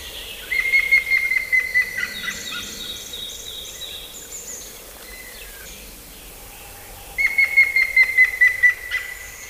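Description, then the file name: Grey-headed woodpecker: two runs of plaintive whistled notes sliding downward, about seven seconds apart, with high chirping from other birds between them. "Pic cendre"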